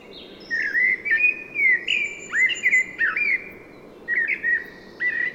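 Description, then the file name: Common blackbird song of rounded, whistled warbles with slurred pitch bends and squeaky high endings, in phrases separated by short pauses. "Turdus merula"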